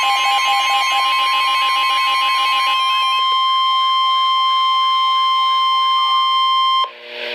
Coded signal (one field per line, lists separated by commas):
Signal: Emergency Alert System (SAME) tones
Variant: 1050 Hz attention tone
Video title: Flash Flood Warning #2 - 10/05/13 (EAS #566)